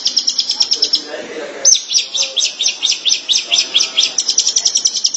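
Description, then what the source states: Long-tailed Shrike song: quick runs of sharp, high chattering notes, a short pause, then a brisk, evenly repeated series continuing to the end. Recorded March 2017.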